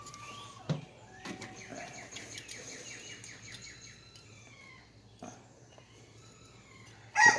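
A spark plug is threaded by hand into the aluminum cylinder head of the 5.2L V8 in a 1999 Dodge Ram 1500; it tightens up early, a sign it is starting to cross-thread, so it is backed out to start again. Faint scattered taps and birds chirping in the background are heard, with a louder burst of noise near the end at about 7.2 s. Nothing has seated or clicked yet.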